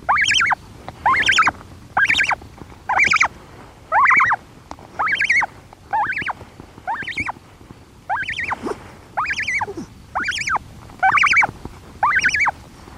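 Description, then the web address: Cory's shearwater chick repeating a short, nasal, rising-then-falling call roughly once a second in a steady series of many notes. Calls of chicks; seabird. "aves-marinhas cagarro Cantos Cagarro Crias"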